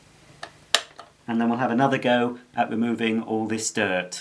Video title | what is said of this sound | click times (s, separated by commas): Little Helper Toy Dyson Ball Vacuum Cleaner By Casdon Demonstration & Review | I think I'm going to have to clean up so it's all empty so let's pop it back in until it clicks | 0.8 s